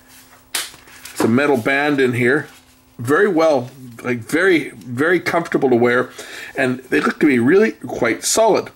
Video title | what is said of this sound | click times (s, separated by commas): Archeer AH07 Bluetooth headset sound quality test | snap into place nicely the | 0.5 s